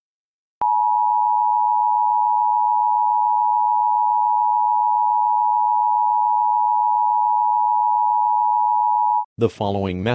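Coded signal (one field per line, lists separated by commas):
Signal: Emergency Alert System (SAME) tones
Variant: 853 and 960 Hz attention tone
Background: speech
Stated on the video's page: Fictional custom EAS scenario, not a real alert.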